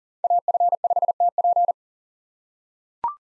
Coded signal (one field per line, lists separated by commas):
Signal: Morse code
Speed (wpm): 40 wpm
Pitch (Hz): 700 Hz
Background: none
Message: AF5TP